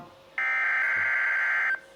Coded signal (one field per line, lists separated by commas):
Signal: Emergency Alert System (SAME) tones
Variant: header bursts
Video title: Required Weekly Test on KHB31 162.550 Winnabow, North Carolina on my new WR120 and WR100 (EAS #3)